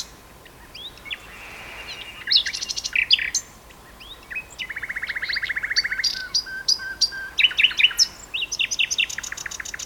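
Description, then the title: Common nightingale song: rich phrases of rapid repeated notes, a long buzzy rattle near the middle, sharp whistles and churring trills between short pauses. Two birds singing a duet on Westleton Heath. "sanderson nightingale-duet-on-westleton-heath"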